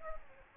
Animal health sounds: mosquito wingbeat signal from an infrared sensor; Aedes albopictus

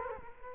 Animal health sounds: mosquito wingbeat signal from an infrared sensor; Culex quinquefasciatus

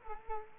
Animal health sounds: mosquito wingbeat signal from an infrared sensor; Culex quinquefasciatus

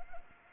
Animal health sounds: mosquito wingbeat signal from an infrared sensor; Anopheles arabiensis

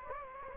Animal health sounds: mosquito wingbeat signal from an infrared sensor; Anopheles gambiae

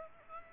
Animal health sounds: mosquito wingbeat signal from an infrared sensor; Aedes aegypti

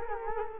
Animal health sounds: mosquito wingbeat signal from an infrared sensor; Culex quinquefasciatus

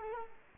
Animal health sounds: mosquito wingbeat signal from an infrared sensor; Culex quinquefasciatus

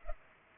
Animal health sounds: mosquito wingbeat signal from an infrared sensor; Culex pipiens

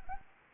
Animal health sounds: mosquito wingbeat signal from an infrared sensor; Anopheles arabiensis

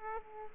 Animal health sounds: mosquito wingbeat signal from an infrared sensor; Aedes aegypti

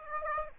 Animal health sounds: mosquito wingbeat signal from an infrared sensor; Aedes aegypti

